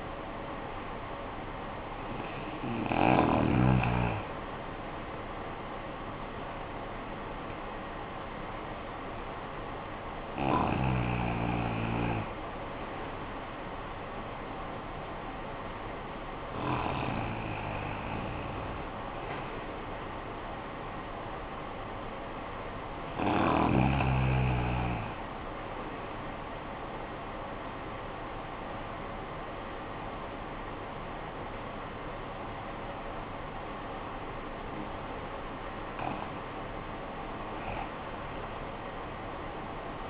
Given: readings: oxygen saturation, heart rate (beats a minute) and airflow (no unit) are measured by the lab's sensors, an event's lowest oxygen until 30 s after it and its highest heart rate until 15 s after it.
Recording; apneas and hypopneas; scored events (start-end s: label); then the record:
breathing in sleep by a voice recorder at the bedside; none
none scored
From the record:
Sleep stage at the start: REM sleep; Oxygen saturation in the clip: 82 to 94%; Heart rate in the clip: 50 to 66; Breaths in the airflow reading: 7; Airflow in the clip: -12.7 to 13.7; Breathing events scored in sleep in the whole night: 445 in 7.6 hours asleep